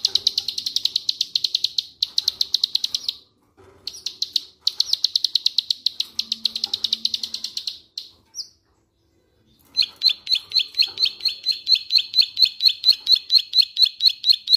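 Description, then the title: Bird singing with dense buzzy bursts of rapid high notes, short pauses between them, then a long series of sharp repeated chirps. "Kicau Burung"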